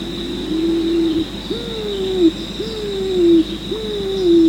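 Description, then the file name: Pigeon uttering a low drawn-out note followed by three hollow calls that rise quickly and then sag, against a continuous shrill insect hum. "afep pigeon"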